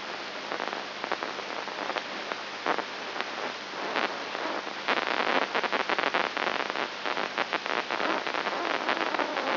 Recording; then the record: brain microelectrode recording played as sound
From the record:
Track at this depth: inside the subthalamic nucleus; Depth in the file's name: 1.704 mm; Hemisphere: left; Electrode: 3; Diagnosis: Parkinson's disease